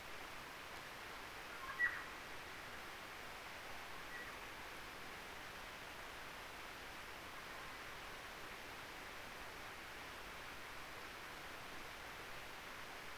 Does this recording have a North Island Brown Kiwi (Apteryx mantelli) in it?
no